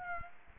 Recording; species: mosquito wingbeat signal from an infrared sensor; Aedes aegypti